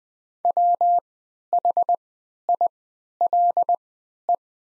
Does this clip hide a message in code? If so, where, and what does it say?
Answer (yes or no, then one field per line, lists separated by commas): yes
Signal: Morse code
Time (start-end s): 0.4-4.4 s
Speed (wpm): 20 wpm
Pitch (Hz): 700 Hz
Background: none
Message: WHILE